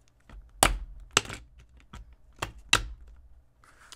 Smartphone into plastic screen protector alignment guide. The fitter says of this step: and then just press it into place until you hear the clicks